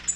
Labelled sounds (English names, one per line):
Tennessee Warbler flight call